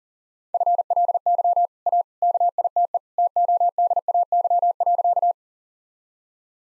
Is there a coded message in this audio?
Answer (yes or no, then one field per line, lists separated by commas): yes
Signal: Morse code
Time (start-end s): 0.5-5.3 s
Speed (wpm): 37 wpm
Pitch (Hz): 700 Hz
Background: none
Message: FLY A KITE TODAY.